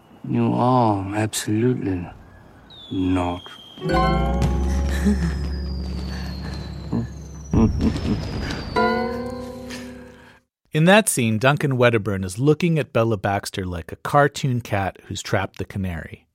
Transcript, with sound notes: You are, absolutely - not.
(LAUGHTER)
In that scene, Duncan Wedderburn is looking at Bella Baxter like a cartoon cat who's trapped the canary.